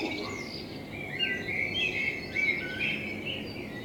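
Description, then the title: Common blackbird song: a series of short chirping and warbled notes, with background hiss. Blackbird in front of the recordist's window; binaural recording with a homemade dummy head, meant for headphone listening. "Kunstkopfaufnahme der Amsel vor meinem Fenster"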